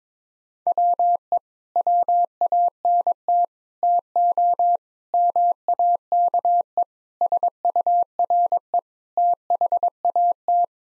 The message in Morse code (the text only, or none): WE WANT TO MAKE SURE THAT